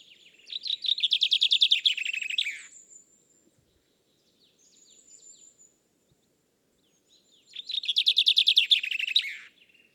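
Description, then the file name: Common chaffinch singing two loud, rattling, descending phrases about seven seconds apart, each ending in a flourish; a faint thin high whistle sounds between them. "Fringilla coelebs"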